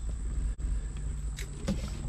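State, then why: Not seated. A plastic center dash storage pocket is being handled against the instrument panel of a 2010–2012 Ford Fusion, positioned so its rear and front clips can snap in. A steady low rumble runs throughout, with a brief dip near 0.6 s and a couple of faint broadband rustles around 1.4 s and 1.7 s. Nothing has seated or clicked yet.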